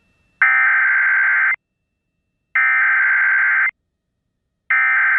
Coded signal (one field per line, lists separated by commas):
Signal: Emergency Alert System (SAME) tones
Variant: header bursts